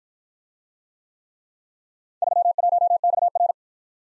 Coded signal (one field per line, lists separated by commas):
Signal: Morse code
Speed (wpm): 54 wpm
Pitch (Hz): 700 Hz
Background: none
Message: 31XR